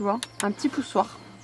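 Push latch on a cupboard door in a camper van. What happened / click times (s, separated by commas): The latch has not clicked in yet; there is only talk / none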